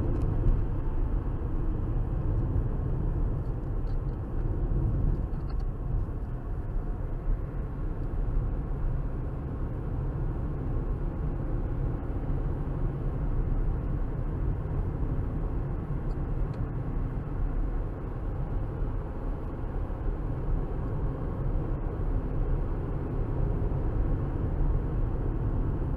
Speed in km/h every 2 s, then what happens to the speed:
76, 69, 64, 63, 61, 68, 71, 71, 69, 74, 77, 79, 79.
0-5 slows to 63. 8-21 speeds up to 79.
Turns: none.